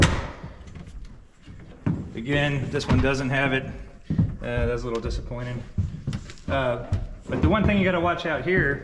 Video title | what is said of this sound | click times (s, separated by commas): Ultra Flex by Under Cover Review for F250 8' bed cover | just keep coming down you can hear it snap | 0.0 s